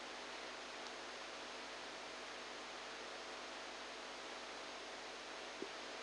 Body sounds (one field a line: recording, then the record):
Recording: brain microelectrode recording played as sound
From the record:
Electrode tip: outside the subthalamic nucleus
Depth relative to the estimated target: -8 mm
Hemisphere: right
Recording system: NeuroSet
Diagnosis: Parkinson's disease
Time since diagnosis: 10 years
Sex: male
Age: 63 years